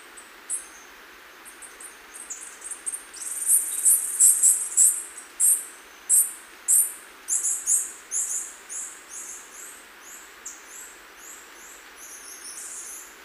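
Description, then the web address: Yellow-throated bush tanager calls: a series of high, thin chips, loudest in the middle, over a soft steady hiss. Recorded in Ecuador. "Birds of Ecuador. Yellow-throated Bush-Tanager"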